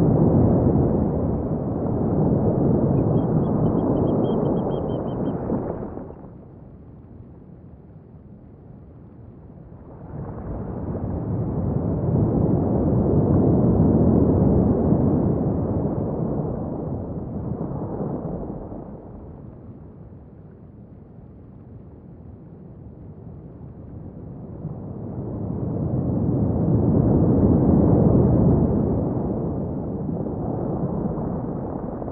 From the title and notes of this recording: Gentle Ocean Waves. Waves crashing on the shore and the calls of seabirds in the distance. The seashore on the coast of Wales. A morning walking along the beach. The distant calls of the Oystercatchers and Curlews, the sound of the waves tumbling to the shore. Benboncan of freesound.org.